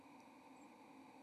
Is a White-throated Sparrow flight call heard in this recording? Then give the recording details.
no. Another species' flight call is heard. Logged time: 04:35 on 1 November 2014